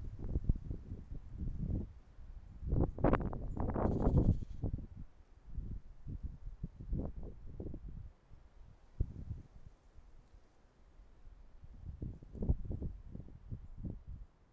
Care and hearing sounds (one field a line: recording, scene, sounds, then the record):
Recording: everyday scene through a hearing-aid microphone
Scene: wind on the microphone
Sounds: wind, traffic, birds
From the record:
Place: suburban garden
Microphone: behind the ear, right, front